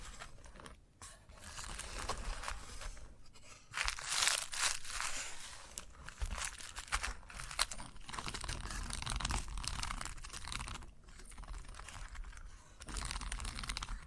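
Chalk scratches and scrapes across a surface in rough, grainy strokes, with a brighter, harsher burst around four seconds. The scraping runs fairly continuously with brief pauses near one, three and eleven seconds, and small crunchy taps mixed in.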